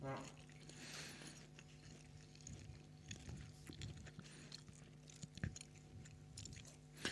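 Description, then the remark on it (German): Wet, noisy chewing of a seitan burger patty with repeated lip smacks and squishy mouth sounds, irregular and fairly loud, over a faint steady hum. “Ich schmatze.”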